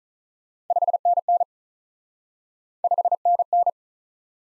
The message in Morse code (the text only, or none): 5NN 5NN